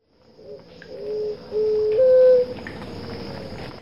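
West Peruvian dove cooing: a short series of low, hollow notes, the later ones slightly higher and longer, over a faint steady high-pitched hum.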